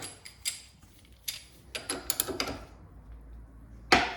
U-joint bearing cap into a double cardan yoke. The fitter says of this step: you heard that click that should be pretty good there we go perfect